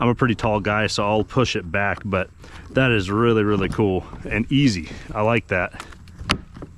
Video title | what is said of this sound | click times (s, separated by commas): Unboxing the Old Town Sportsman BigWater ePDL+ 132 Kayak | And it's locked in. | 6.3 s